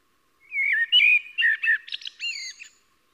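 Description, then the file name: Common blackbird song phrase: a mellow fluted warble dipping and rising, then a squeaky, rapid twittering flourish at the end; otherwise quiet. "Turdus merula"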